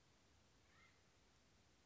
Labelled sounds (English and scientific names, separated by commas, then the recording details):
Acorn Woodpecker (Melanerpes formicivorus)
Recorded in Sonoma County, California